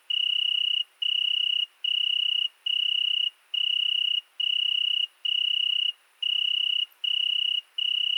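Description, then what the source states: Italian tree cricket with a pure, ringing trill delivered in roughly ten evenly spaced notes, each under a second long, with short pauses. Singing at night, 22:30 on 13 August 2020, in the Virginia creeper under a window at Fourcinet ValMaravel, present for two nights; recorded on a Nagra Seven with MKH40 cardioid microphone.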